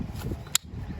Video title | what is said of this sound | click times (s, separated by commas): Backpacks that LAST !! - 5 MISTAKES. | and what you want to hear is a really nice click | 0.5 s